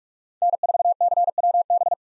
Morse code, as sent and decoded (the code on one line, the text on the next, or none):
-. ....- -.-. .-- -...
N4CWB